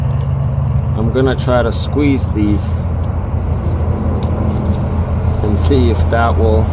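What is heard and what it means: On a Mack Anthem, the release tabs of a DEF line quick coupling are squeezed while the coupling is lined up on the dosing valve, ready to be pushed home. Someone talks over a steady low hum, with faint handling sounds. Nothing has seated or clicked yet.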